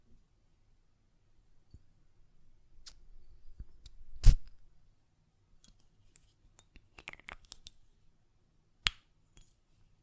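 A glass perfume bottle is handled, with a loud sharp tap a little past four seconds and another crisp knock near nine seconds. Between them come scattered small clicks and scraping lid sounds, bright and irregular, over a faint low hum.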